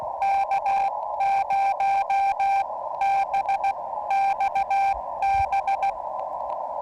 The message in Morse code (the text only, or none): K0BXB